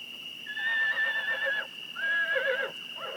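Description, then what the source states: Horse whinnying: two long quavering neighs and the start of a third, over a steady high tone. Neighing recorded at night on 6 July 2006.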